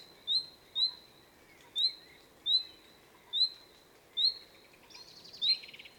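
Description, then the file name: Common nightingale repeating short upward-sweeping whistles at uneven intervals, followed near the end by a brief buzzy rattle. "Luscinia megarhynchos"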